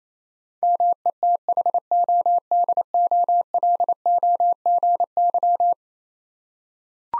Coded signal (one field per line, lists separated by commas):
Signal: Morse code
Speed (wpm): 28 wpm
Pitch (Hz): 700 Hz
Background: none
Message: METHODOLOGY